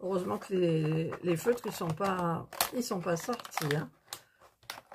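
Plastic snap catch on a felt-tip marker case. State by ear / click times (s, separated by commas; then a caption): not seated / none. Someone talks while pressing on the small plastic snap catch of a felt-tip marker case, trying to push it back into place, followed by a few short, faint clicks and taps near the end. The catch fails to snap in, and nothing has seated or clicked yet.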